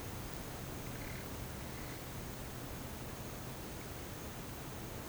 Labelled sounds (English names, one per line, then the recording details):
none
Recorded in pastures near Puerto Asís, Putumayo, Colombia, on 24 March 2025 at 09:30
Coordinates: 0.472, -76.329
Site G074